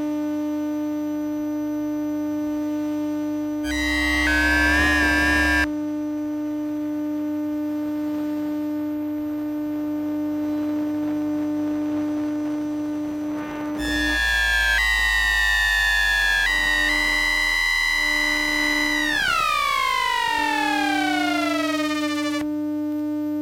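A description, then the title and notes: Electromagnetic field recording from tram number 13: a steady, buzzing electrical hum with a few fixed tones runs throughout. Two louder bursts, around 4–6 seconds and 14–23 seconds, add stacked whining tones that wobble, then slide steadily downward near the end. Electromagnetic field recording from tram number 13. Gear: LOM Elektrosluch Mini City and Zoom H2. Place: Brugata to Birkelunden Oslo, Norway.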